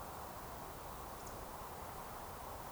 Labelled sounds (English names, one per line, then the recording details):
Eurasian Woodcock whistle
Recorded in Baden-Württemberg, Germany, on 14 June 2020 at 20:19 UTC
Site 43791, 788 m above sea level